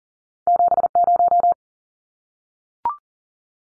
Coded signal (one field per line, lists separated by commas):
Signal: Morse code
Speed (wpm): 40 wpm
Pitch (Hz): 700 Hz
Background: none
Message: 70